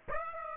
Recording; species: mosquito wingbeat signal from an infrared sensor; Aedes aegypti